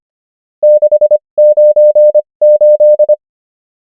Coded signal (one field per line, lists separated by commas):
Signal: Morse code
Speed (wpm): 25 wpm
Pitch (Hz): 600 Hz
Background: none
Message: 698